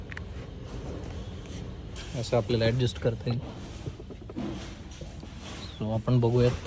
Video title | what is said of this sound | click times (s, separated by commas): R for Rabbit car seat Marathi / English setup | okay, so हा इथे lock होईल आणि | 0.1 s, 0.2 s